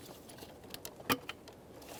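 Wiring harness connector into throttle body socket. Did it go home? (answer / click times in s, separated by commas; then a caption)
no / none. A plastic wiring harness electrical connector is handled at the throttle body socket of a 2013–2020 Ford Fusion 2.0L I4 during a throttle body assembly replacement. Light handling noises and faint rattles are heard, with a brief sharp tick near 0.7 s and a louder knock around 1.1 s. Nothing has seated or clicked yet.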